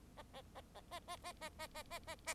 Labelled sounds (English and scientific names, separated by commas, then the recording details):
Bengalese Finch (Lonchura striata domestica) song
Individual Bird4